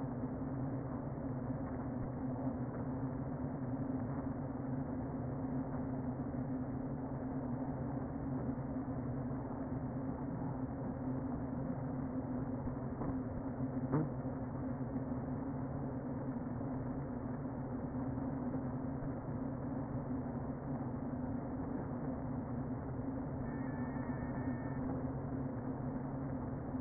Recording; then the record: honeybee colony, microphone inside the hive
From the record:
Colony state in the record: queen present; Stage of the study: before two queens were removed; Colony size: about 60,000 bees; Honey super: yes